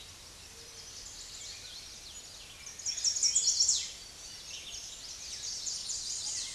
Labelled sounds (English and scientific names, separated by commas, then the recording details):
Chestnut-sided Warbler (Setophaga pensylvanica) song
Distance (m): 25 m
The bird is about 15 m above the microphone
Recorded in a Pennsylvania forest on 16 May 2024 at 06:27
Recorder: AudioMoth, point MSD-2074
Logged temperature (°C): 16.3 °C
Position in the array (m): 192 m, 214 m